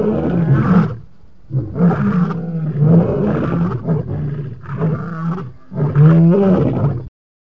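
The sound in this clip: Lion roaring in a series of deep, rough bursts with short pauses between.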